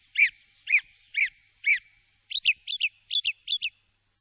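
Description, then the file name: Song thrush song: a clear, swooping note repeated four times, then a quicker double-note phrase repeated four times, with silence between notes. "zanglijster"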